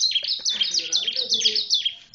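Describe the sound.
Bar-winged prinia song: a quick series of high, squeaky descending notes with faint lower tonal sounds behind.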